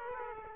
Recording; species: mosquito wingbeat signal from an infrared sensor; Aedes aegypti